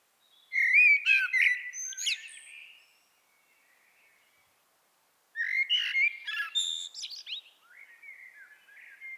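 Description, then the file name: Common blackbird song in two phrases, each a rich warble that breaks into thin, scratchy twitters and trails off quietly. "Turdus merula"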